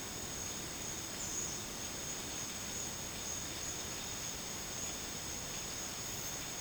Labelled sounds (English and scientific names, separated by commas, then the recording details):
none
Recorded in dense forest near Puerto Asís, Putumayo, Colombia, on 8 March 2025 at 13:00
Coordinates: 0.486, -76.317
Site G053